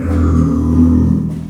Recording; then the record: squeal of a Yucatan mini pig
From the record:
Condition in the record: after surgery on the right vocal fold (resection and tissue-engineered implant); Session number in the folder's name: 11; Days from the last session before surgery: 98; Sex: female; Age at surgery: 19 weeks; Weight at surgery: 25 kg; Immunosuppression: prednisolone